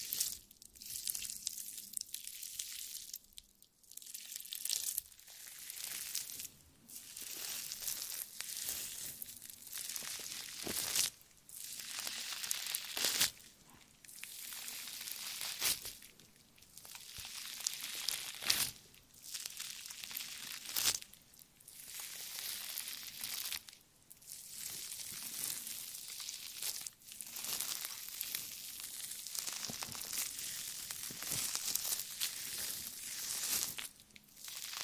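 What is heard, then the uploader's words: Jelly being squished and worked, heard as bright, wet crackling and squelching in uneven bursts a few seconds long, separated by short dips. Sharp snaps punctuate it every few seconds throughout. The sound sits mostly high and hissy, with little low body. ASMR Stress Relieving Jelly Sounds For Sleep.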